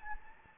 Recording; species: mosquito wingbeat signal from an infrared sensor; Anopheles gambiae